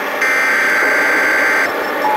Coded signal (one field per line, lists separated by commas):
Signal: Emergency Alert System (SAME) tones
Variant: header bursts